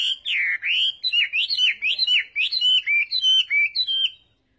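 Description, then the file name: Chinese hwamei delivering a clear run of looping, swooping whistles, each phrase quickly following the last, ending abruptly after about four seconds. "Tieng hoa mi hot"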